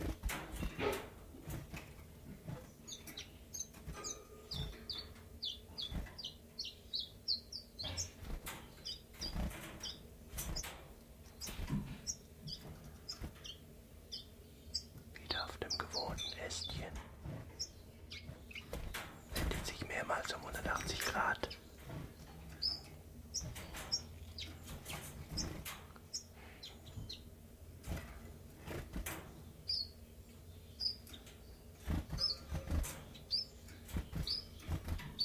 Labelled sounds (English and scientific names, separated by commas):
Common Chiffchaff (Phylloscopus collybita)